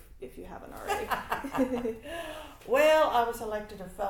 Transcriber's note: laughter